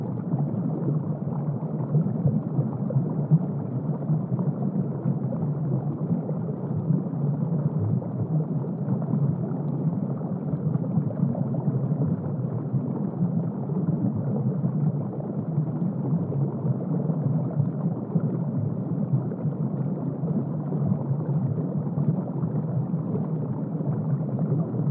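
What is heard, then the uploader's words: Water heard as a dense, muffled rush that stays low and dull, with no bright or sharp sounds. The churning holds steady at an even level for the whole stretch, with faint gurgling textures inside it. Just Below The Surface. Water and nature sounds.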